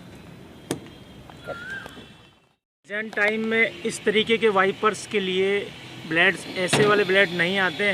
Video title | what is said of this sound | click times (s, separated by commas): MARUTI SUZUKI 800 WIPER BLADES REPLACE | डालने के बाद यूँ करेंगे, ये लॉक होगा। | 0.7 s